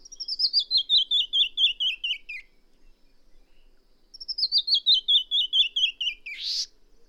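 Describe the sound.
Bird: two rapid trills of crisp hooked notes, each gently falling in pitch, from a singing bird, the second ending in a short rasp.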